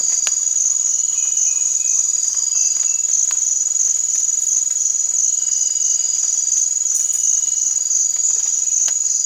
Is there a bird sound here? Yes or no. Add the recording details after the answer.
no. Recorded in dense forest near Puerto Asís, Putumayo, Colombia, on 20 December 2024 at 03:30. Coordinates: 0.468, -76.322. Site G071